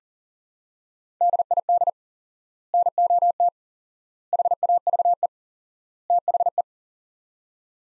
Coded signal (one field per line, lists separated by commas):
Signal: Morse code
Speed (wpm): 40 wpm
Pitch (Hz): 700 Hz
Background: none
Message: DID NOT HAVE THE